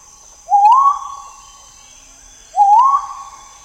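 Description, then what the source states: Great argus giving two loud upward-sliding whistles roughly two seconds apart, each fading out slowly, with a thin constant high hiss behind. Subspecies grayi, recorded in Malaysia.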